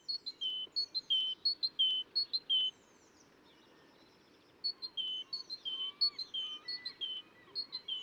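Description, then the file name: Great tit song: clear two-note phrases, a higher note then a lower one, repeated rapidly in two bursts separated by a short pause. Recorded in a cemetery. "Musvit"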